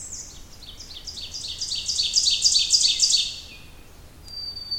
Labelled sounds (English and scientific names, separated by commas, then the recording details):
Ovenbird (Seiurus aurocapilla) song
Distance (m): 15 m
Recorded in boreal forest in Alberta, Canada, on 27 June 2016 at 07:56
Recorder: SongMeter 3, array SBT-6-79
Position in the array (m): 50 m, 130 m
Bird 40